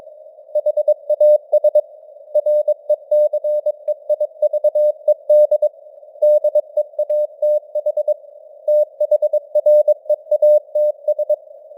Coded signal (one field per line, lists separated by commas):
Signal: Morse code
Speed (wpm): 22 wpm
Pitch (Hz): 600 Hz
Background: none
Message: HAS RECEIVED DEATH THREATS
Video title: Morse Code News | 2025-10-23 | 22wpm